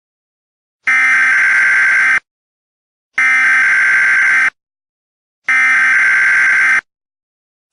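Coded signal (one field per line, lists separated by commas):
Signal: Emergency Alert System (SAME) tones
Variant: header bursts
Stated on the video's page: Mock EAS scenario.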